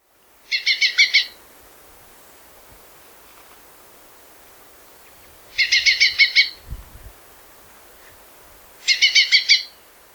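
Common chaffinch giving three short bursts of fast, bright repeated notes, each burst under a second, spaced a few seconds apart over quiet background hiss.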